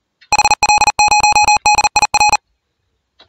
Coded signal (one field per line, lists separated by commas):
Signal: Morse code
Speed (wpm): 40 wpm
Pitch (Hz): 840 Hz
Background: none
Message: HL0DIR